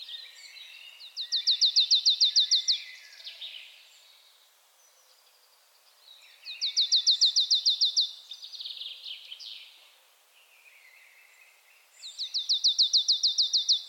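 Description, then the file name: Marsh tit call: three bursts of roughly a dozen rapid, clipped high notes, repeated about every five to six seconds, with faint twittering between them. "Poecile palustris"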